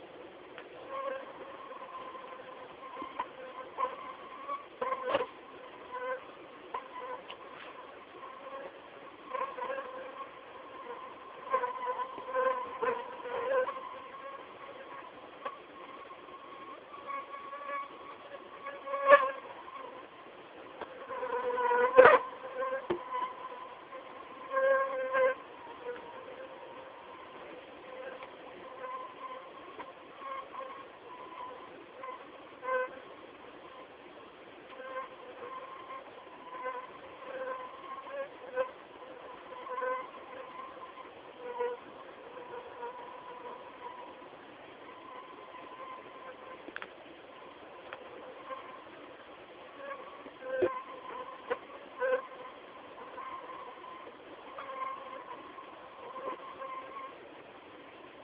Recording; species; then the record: mosquito flight sound by mobile phone; Anopheles merus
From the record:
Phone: not stated